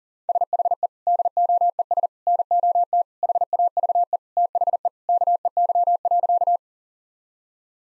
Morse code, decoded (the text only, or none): SHE DOES NOT HAVE THE KEY.